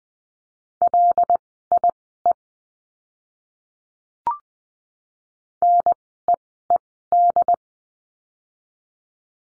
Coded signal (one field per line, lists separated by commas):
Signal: Morse code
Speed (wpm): 20 wpm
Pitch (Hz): 700 Hz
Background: none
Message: LIE NEED